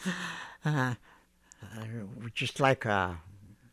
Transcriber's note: he laughs